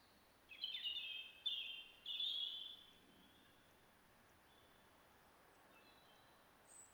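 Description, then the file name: European robin song: three short, high warbled phrases in the first three seconds, then quiet with faint high notes. "Erithacus rubecula"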